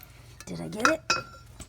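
A socket is turned on an over-tightened lug nut with a thin aluminum cap on a 2006 Jeep Grand Cherokee Laredo wheel. The socket slips with sharp metallic clacks at 0.9 s and 1.1 s over a low background hum. The cap strips and the nut does not turn.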